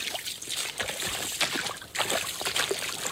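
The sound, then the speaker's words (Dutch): A fishing net is cast far out into the water and lands with a rough splash, followed by steady sloshing and trickling as it settles, with a couple of louder surges partway through. “Nee, wat ik ga doen is dat ik probeer met een mooie worp het net een flink eind in het water te gooien.”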